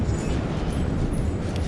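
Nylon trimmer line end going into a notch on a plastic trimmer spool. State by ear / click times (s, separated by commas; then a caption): not seated / none. The nylon trimmer line end is being handled and pressed toward the retaining notch on the plastic spool of a Husqvarna 128LD trimmer, to hold it temporarily. A steady, low, rumbling broadband noise fills the clip, with a brief sharp tick at about 1.6 s. Nothing has seated or clicked into the notch yet.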